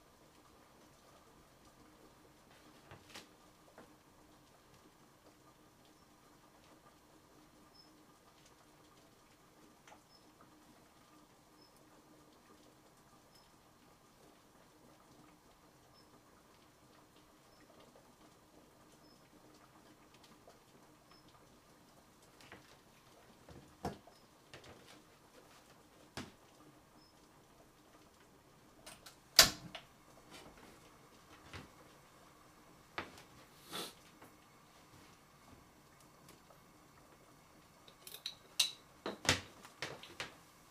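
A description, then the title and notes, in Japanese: Tomato sauce pasta being made, with a steady low hum running underneath the whole time. The first twenty seconds are quiet apart from a single click. After that, sharp knocks and clatters grow more frequent, peaking around 29 seconds and again in a busy flurry at the end. 環境音 トマトソースパスタの一部始終。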